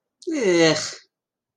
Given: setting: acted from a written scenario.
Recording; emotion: vocal sound without words; disgust